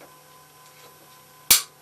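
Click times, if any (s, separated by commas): 1.5 s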